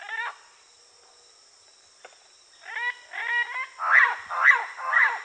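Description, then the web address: Parrot squawks: a brief harsh call, a pause, then a series of grating harmonic squawks, roughly two per second, growing louder toward the end. "parrots YC"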